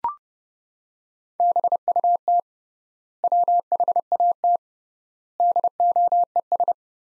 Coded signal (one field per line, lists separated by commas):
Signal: Morse code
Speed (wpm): 30 wpm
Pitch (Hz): 700 Hz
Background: none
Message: BUT WHAT DOES